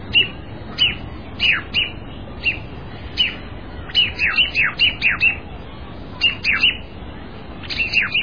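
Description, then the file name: Thrush whistles: sharp, high, downward-slurred notes given singly or in short quick groups, with short pauses between. Whistle given as if the thrush were defending itself from an attack. "svist kak budto drozd zashishaetsya ot napadeniya"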